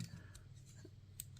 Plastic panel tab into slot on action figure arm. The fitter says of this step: and like I said just connect the tab let it snap into place